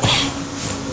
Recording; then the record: coughing mixed with background sound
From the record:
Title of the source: Spring Allergy Coughing